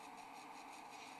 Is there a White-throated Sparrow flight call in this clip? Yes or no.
no